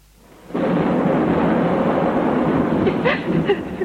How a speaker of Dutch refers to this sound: Dat onweer gaat toch weer voorbij?